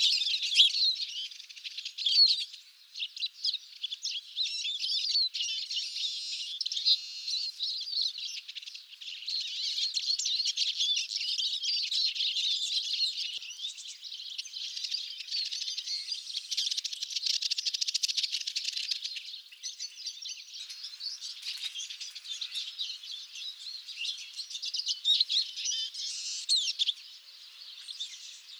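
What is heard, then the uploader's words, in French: Eurasian siskins twitter and chirp almost continuously, a dense, bright chatter of overlapping calls that swells and dips throughout, with no low sounds. Tarin des aulnes. En fin d’hiver, les Tarins des aulnes font des haltes migratoires avant de rejoindre leurs sites de reproduction au nord de l’Europe.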